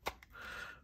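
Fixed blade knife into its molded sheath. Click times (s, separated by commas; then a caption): 0.1 s. A fixed-blade knife is pushed into its molded sheath and seats with a sharp snap at 0.1 s. A fainter tick follows at about 0.2 s, then a soft hiss continues.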